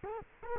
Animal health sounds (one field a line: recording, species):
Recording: mosquito wingbeat signal from an infrared sensor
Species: Culex quinquefasciatus